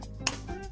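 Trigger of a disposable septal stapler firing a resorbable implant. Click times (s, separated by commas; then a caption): 0.3 s. The trigger of a disposable ENTrigue nasal septal stapler by Neuwirth Medical Products, pre-loaded with eight resorbable implants, is squeezed gradually until it gives a sharp, bright click at 0.3 s over a faint low hum. The click confirms that a resorbable implant has been deployed.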